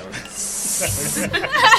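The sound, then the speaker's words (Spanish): A voice imitates sizzling steaks with a steady hiss held for over a second, then breaks into brief voiced, laughing sounds at the end. “¿Cómo hacen los bistecs?”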